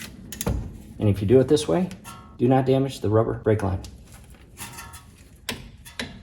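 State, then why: Seated. On a 2018 Chrysler Pacifica, the front brake caliper with its pads is maneuvered down onto the caliper bracket over the new rotor, taking care not to damage the rubber brake line, and pushed home while someone talks. Sharp clicks sound at 5.5 s and 6.0 s as the caliper assembly seats into place.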